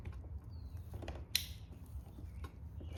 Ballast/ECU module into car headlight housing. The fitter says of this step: goes in with a very satisfying click. I do like that.